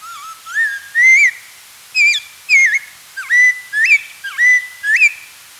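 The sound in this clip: Spotted laughingthrush song: a string of loud, rich whistled notes, some sliding up and others dipping then rising, delivered in quick succession.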